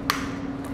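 A CPAP nasal mask cushion, the nose piece, is snapped onto its plastic mask frame a second time and seats with one sharp click at 0.1 s. A steady low hum runs underneath, and a faint hiss comes near the end. The click confirms the cushion is together on the frame.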